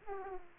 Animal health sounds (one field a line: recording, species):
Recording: mosquito wingbeat signal from an infrared sensor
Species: Aedes aegypti